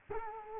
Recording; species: mosquito wingbeat signal from an infrared sensor; Culex quinquefasciatus